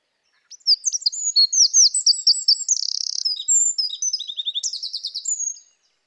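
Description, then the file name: Eurasian wren with a single vigorous song about five seconds long, rapid high notes broken by a dry rattling trill near the middle. "Troglodytes troglodytes"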